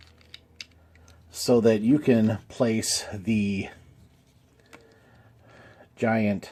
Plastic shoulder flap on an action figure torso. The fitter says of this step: flip around and lock into place on the other side